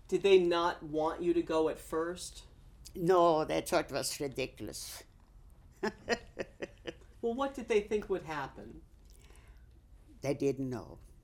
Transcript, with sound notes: Did they not want you to go at first?
No, that's what was ridiculous. ( she laughs )
Well, what did they think would happen?
They didn't know.